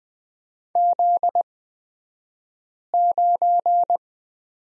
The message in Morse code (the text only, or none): Z9